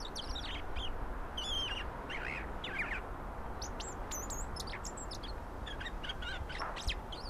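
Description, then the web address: European robin singing a varied string of high, thin whistles and quick twittering notes, phrases following closely, with constant low-pitched background hum throughout. "SETE data Erithacus rubecula"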